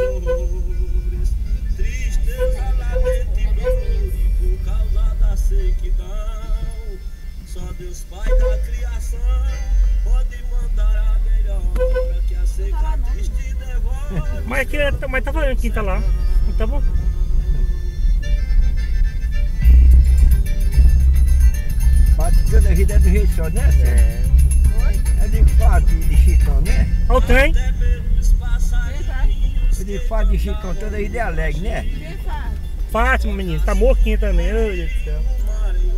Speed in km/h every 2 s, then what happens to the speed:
19, 18, 17, 7, 5, 7, 10, 16, 19, 22, 22, 22, 22, 21, 14, 7, 6, 10.
4-7 brakes to 5. 7-18 speeds up to 22. 18-25 steady at about 22. 25-30 slows to 7. 30-36 steady at about 7.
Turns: none.